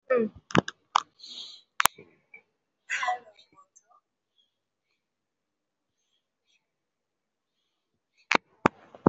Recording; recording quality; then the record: deep breathing; moderate, slight background noise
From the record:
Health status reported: respiratory illness, not identified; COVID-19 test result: negative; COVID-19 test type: RT-PCR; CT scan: not taken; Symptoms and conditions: cough, cold, breathing difficulty, asthma, chronic lung disease, pneumonia, hypertension, diabetes, ischaemic heart disease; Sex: male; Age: 67 years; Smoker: yes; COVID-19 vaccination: none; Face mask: worn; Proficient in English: yes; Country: India